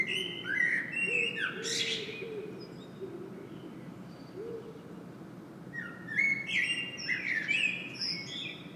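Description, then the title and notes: Common blackbird song: a mellow whistled phrase with a scratchy high flourish, a quiet gap, then another fluting phrase with sharp high twitters, over a low steady hum. Singing bird in Saint-Gilles, Belgium; recorded with a Sony PCM-M10 internal microphone. "Saint-Gilles, Belgique - Blackbird singing. Le merle chante"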